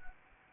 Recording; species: mosquito wingbeat signal from an infrared sensor; Anopheles arabiensis